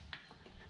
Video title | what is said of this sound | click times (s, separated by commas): Ford 4.6 2V Timing Chain And Guide Replacement. | then you should be able to push the push the timing chain guide back in and the whole thing should pop into place | 0.1 s